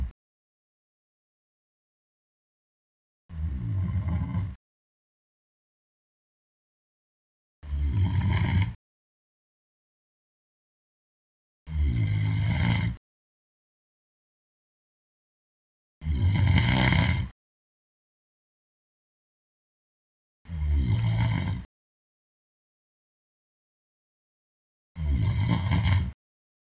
Human Sound Man Snoring.